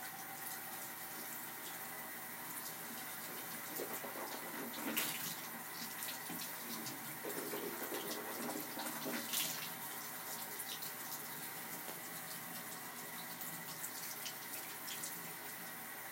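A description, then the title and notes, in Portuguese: Someone brushes their teeth while a tap runs steadily in a sink, the water making a dense, even hiss throughout. Brief scraping and splashing bursts stand out around five and nine seconds, with smaller clicks scattered near the end. Asmr escovando os dentes pra dormir.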